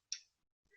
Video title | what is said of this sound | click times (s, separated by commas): PharmAssist Virtual Learning Experience Best Of Part 1 (August 24, 2020) | when you have that tablet you're going to uncap and hear a little click | 0.1 s